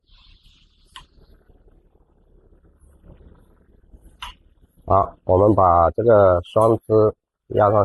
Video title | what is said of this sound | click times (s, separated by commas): Industry Fan Guard Cover Wire Ring and Welding Machine Automatic | 单支，主要是固定这个单支，我们把它卡好， | 1.0 s, 4.2 s